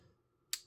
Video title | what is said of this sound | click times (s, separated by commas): Finisto knife and a few gas station knives | And as you hear you hear it click in. | 0.5 s